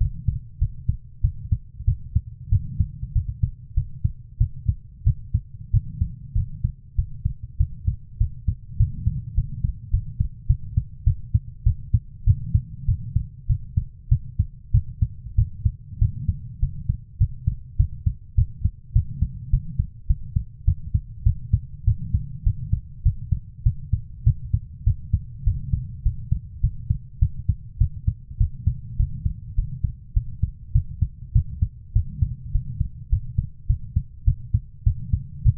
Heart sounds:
heart sounds by stethoscope; 100 bpm
0.59 s: heartbeat
1.21 s: heartbeat
1.85 s: heartbeat
2.49 s: heartbeat
3.13 s: heartbeat
3.74 s: heartbeat
4.38 s: heartbeat
5.04 s: heartbeat
5.71 s: heartbeat
6.35 s: heartbeat
6.96 s: heartbeat
7.57 s: heartbeat
8.18 s: heartbeat
8.77 s: heartbeat
9.35 s: heartbeat
9.91 s: heartbeat
10.47 s: heartbeat
11.04 s: heartbeat
11.64 s: heartbeat
12.25 s: heartbeat
12.86 s: heartbeat
13.47 s: heartbeat
14.09 s: heartbeat
14.72 s: heartbeat
15.36 s: heartbeat
15.99 s: heartbeat
16.60 s: heartbeat
17.18 s: heartbeat
17.77 s: heartbeat
18.35 s: heartbeat
18.93 s: heartbeat
19.51 s: heartbeat
20.07 s: heartbeat
20.65 s: heartbeat
21.24 s: heartbeat
21.85 s: heartbeat
22.44 s: heartbeat
23.03 s: heartbeat
23.63 s: heartbeat
24.24 s: heartbeat
24.84 s: heartbeat
25.44 s: heartbeat
26.03 s: heartbeat
26.61 s: heartbeat
27.19 s: heartbeat
27.78 s: heartbeat
28.38 s: heartbeat
28.97 s: heartbeat
29.56 s: heartbeat
30.14 s: heartbeat
30.73 s: heartbeat
31.33 s: heartbeat
31.93 s: heartbeat
32.52 s: heartbeat
33.10 s: heartbeat
33.67 s: heartbeat
34.25 s: heartbeat
34.84 s: heartbeat
35.43 s: heartbeat
From the record:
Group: healthy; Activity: rest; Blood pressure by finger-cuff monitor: 102/54 mmHg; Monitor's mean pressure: 72 mmHg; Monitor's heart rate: 100 bpm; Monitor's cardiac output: 9.3 L/min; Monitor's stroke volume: 92 mL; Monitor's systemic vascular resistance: 560 dyn s/cm5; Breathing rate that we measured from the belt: 19 breaths a minute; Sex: female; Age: 24 years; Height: 163 cm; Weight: 55.7 kg

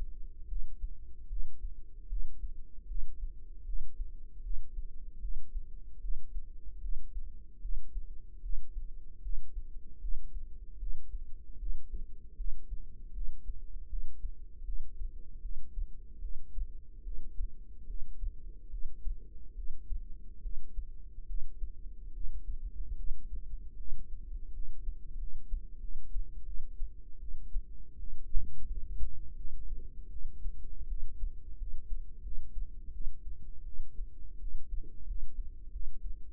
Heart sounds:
heart sounds by microphone in the right ear; 78 bpm
0.48 s: heartbeat
1.28 s: heartbeat
2.08 s: heartbeat
2.87 s: heartbeat
3.65 s: heartbeat
4.42 s: heartbeat
5.20 s: heartbeat
6.00 s: heartbeat
6.80 s: heartbeat
7.61 s: heartbeat
8.41 s: heartbeat
9.21 s: heartbeat
10.00 s: heartbeat
10.78 s: heartbeat
11.58 s: heartbeat
12.36 s: heartbeat
13.13 s: heartbeat
13.88 s: heartbeat
14.64 s: heartbeat
15.41 s: heartbeat
16.20 s: heartbeat
17.03 s: heartbeat
17.86 s: heartbeat
18.69 s: heartbeat
19.54 s: heartbeat
20.41 s: heartbeat
21.26 s: heartbeat
22.12 s: heartbeat
22.95 s: heartbeat
23.76 s: heartbeat
24.52 s: heartbeat
25.17 s: heartbeat
25.79 s: heartbeat
26.44 s: heartbeat
27.18 s: heartbeat
27.98 s: heartbeat
28.66 s: heartbeat
29.35 s: heartbeat
30.09 s: heartbeat
30.87 s: heartbeat
31.57 s: heartbeat
32.22 s: heartbeat
32.91 s: heartbeat
33.64 s: heartbeat
34.38 s: heartbeat
35.06 s: heartbeat
35.71 s: heartbeat
From the record:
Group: healthy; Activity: breath hold 0-15 s, rest 15-36 s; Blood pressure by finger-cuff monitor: 105/68 mmHg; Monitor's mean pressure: 80 mmHg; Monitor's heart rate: 77 bpm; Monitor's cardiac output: 6.3 L/min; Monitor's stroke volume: 81 mL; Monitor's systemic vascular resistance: 940 dyn s/cm5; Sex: female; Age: 19 years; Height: 163 cm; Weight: 48.9 kg

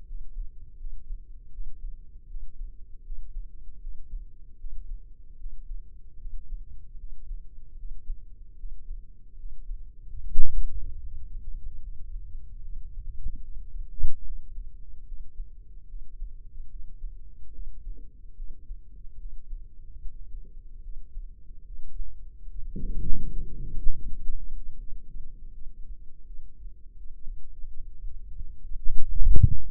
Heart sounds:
heart sounds by microphone in the left ear; 77 bpm
0.07 s: heartbeat
0.79 s: heartbeat
1.53 s: heartbeat
2.29 s: heartbeat
3.04 s: heartbeat
3.81 s: heartbeat
4.59 s: heartbeat
5.38 s: heartbeat
6.19 s: heartbeat
6.98 s: heartbeat
7.77 s: heartbeat
8.58 s: heartbeat
9.38 s: heartbeat
10.19 s: heartbeat
11.01 s: heartbeat
11.80 s: heartbeat
12.62 s: heartbeat
13.42 s: heartbeat
14.24 s: heartbeat
15.06 s: heartbeat
15.88 s: heartbeat
16.70 s: heartbeat
17.53 s: heartbeat
18.36 s: heartbeat
19.18 s: heartbeat
19.99 s: heartbeat
20.82 s: heartbeat
21.65 s: heartbeat
22.48 s: heartbeat
23.30 s: heartbeat
24.05 s: heartbeat
24.79 s: heartbeat
25.53 s: heartbeat
26.26 s: heartbeat
26.97 s: heartbeat
27.67 s: heartbeat
28.36 s: heartbeat
29.01 s: heartbeat
29.64 s: heartbeat
From the record:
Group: healthy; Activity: breath hold 0-27 s, rest 27-30 s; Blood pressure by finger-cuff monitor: 105/62 mmHg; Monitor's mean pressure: 78 mmHg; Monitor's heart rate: 74 bpm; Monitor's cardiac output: 6.8 L/min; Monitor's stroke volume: 92 mL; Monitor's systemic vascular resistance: 820 dyn s/cm5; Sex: female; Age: 22 years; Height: 161 cm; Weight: 65.5 kg

